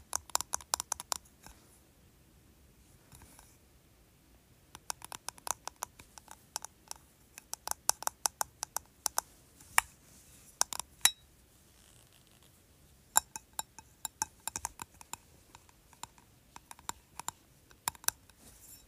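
Fingernails tap on a candle in quick, uneven bursts of crisp clicks, dry, with glassy clinks now and then. Brief quiet pauses break the rhythm near the start, around the twelfth second, and between flurries, over a faint low hush.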